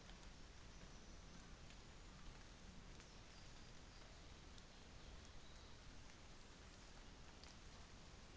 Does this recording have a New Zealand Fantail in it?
no